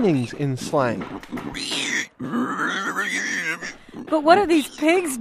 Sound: sfx: pig sounds